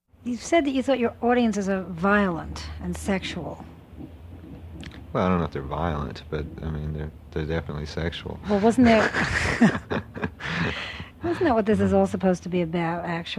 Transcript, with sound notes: You said that you thought your audiences are violent and sexual.
Well, I don't know that they're violent, but they're definitely sexual. [laughs]
But wasn't there... Wasn't this what this is all supposed to be about, actually?